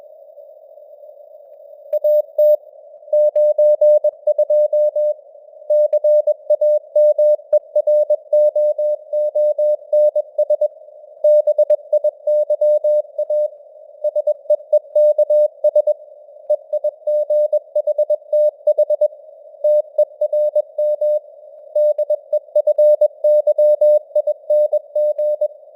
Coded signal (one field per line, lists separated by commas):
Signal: Morse code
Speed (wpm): 21 wpm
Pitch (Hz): 600 Hz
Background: none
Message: AT 92 CAMEROONS BIYA SEEKS EIGHTH TERM DEFYING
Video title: Morse Code News | 2025-10-06 | 21wpm